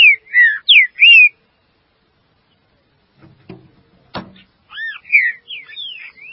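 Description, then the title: Green-winged saltator song: a quick burst of loud slurred whistles, a silent gap, a couple of sharp knocks, then more arched whistled notes. "Trinca Ferro"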